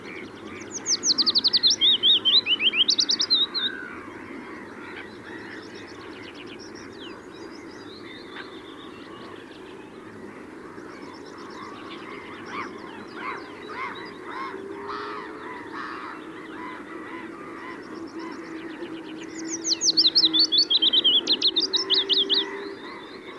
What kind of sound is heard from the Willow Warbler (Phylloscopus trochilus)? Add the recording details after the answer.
song. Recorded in the wild. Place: Wierden, Overijssel, NL. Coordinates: 52.358, 6.594. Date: 1990-05-13. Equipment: Nagra III BH, Sennheiser MD 21, parabola. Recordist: Schubert, Michael. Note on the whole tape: Gesang Fitis